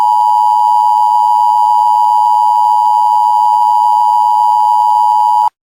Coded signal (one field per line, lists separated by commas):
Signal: Emergency Alert System (SAME) tones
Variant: 853 and 960 Hz attention tone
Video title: EAS